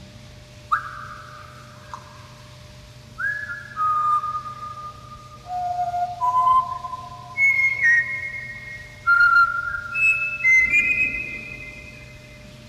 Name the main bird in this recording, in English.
Grey Parrot